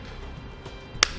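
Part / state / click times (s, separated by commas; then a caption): plastic mounting clip into roof rack tower / seated / 1.0 s. A plastic mounting clip is pushed into a Yakima RidgeLine roof rack tower for flush rails on a 2018 Ford Edge. A sharp, bright click is heard at 1.0 s against a low background hum. The clip pops into place and is seated.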